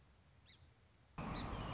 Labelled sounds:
Song Sparrow
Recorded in Sonoma County, California

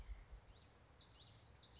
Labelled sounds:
Common Yellowthroat
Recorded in Sonoma County, California

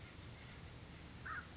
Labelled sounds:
American Crow
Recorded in Sonoma County, California

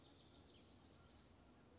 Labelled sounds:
California Towhee
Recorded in Sonoma County, California

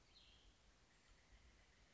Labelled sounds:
Cassin's Vireo
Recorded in Sonoma County, California

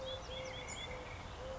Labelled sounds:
Eurasian Collared Dove
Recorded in Sonoma County, California

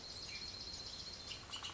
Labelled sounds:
Bullock's Oriole
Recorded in Sonoma County, California

